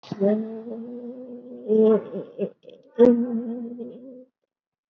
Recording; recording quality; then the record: sustained vowel as in made; moderate, slight background noise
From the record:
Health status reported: COVID-19 positive, mild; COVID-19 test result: positive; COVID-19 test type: RT-PCR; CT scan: not taken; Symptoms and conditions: sore throat, another condition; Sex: female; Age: 66 years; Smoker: no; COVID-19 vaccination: none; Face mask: not worn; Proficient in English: no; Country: India